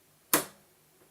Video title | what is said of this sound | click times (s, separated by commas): Setting Up Behringer Q1002USB Mixer and How I Start and Stop Recording my Videos | There was our click. | 0.3 s